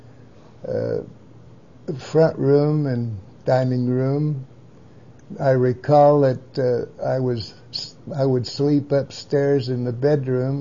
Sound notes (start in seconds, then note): none